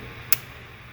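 A plastic electrical connector under the throttle body of a Volvo 3.2L SI6 engine in a Land Rover LR2 is released by squeezing its side clip, the side facing the engine block, ahead of pulling it back toward the battery. A single sharp click sounds at 0.3 s over a steady low hum. The clip releases.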